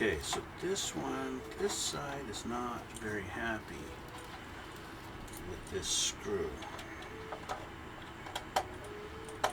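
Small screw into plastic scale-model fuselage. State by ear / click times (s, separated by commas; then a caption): stripped / 8.4 s, 8.6 s, 9.4 s. A small screw is driven into the stripped plastic hole of a Tamiya 1/32 F-4J Phantom II model fuselage while someone talks. Light ticking sounds at 8.4, 8.6 and 9.4 seconds come from the screw spinning freely. It will not tighten because the hole is stripped.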